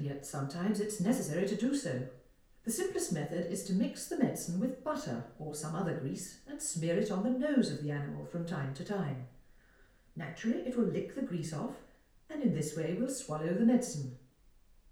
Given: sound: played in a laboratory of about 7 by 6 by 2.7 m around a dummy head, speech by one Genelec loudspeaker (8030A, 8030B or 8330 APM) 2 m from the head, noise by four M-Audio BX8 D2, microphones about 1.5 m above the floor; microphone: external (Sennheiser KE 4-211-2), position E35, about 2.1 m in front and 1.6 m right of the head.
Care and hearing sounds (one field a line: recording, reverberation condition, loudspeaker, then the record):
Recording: female speech in English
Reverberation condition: medium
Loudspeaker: 120 degrees to the left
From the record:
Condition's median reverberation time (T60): about 510 ms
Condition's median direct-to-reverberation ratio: about -0.5 dB